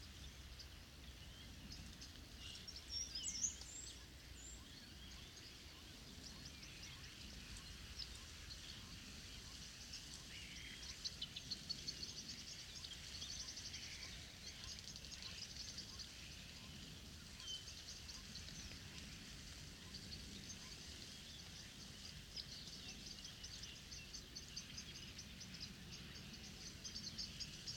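A huge flock of starlings, perhaps a thousand birds, fills the air with a dense, continuous chatter of clicks, whistles and squeaks. The mass of sound stays steady throughout, with a brief sharper whistle near three seconds and a low rumble underneath.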